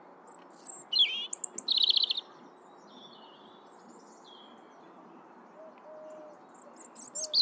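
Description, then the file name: European robin song with a fast burst of high, liquid and buzzy notes, a long quiet gap with faint soft whistles, then another sharp high phrase at the end. "Erithacus rubecula"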